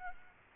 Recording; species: mosquito wingbeat signal from an infrared sensor; Aedes aegypti